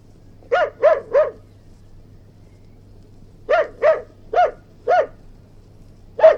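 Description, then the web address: Domestic dog giving a rapid burst of three barks, a pause of two seconds, then five more barks, with a faint constant low hum. Mongrel terrier, barking. "mongrel terrier barking"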